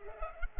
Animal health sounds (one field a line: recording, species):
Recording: mosquito wingbeat signal from an infrared sensor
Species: Culex pipiens